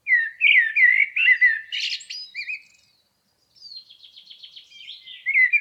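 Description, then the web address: Blackbird song with rich fluty warbling and a sharp high twitter, a brief pause, then a thin rapid trill and another mellow phrase. "Environmental chamber testing blackbird"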